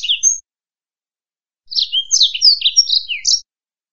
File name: suara burung blackthroat